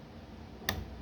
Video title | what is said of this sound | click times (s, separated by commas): RESOLUCAO DE PROBLEMAS COM COLD BOOT: RESULTADO FINAL | Deu um clique, né? Quando ele deu um dá um clique embaixo, ele fica com essa parte de cima. | 0.7 s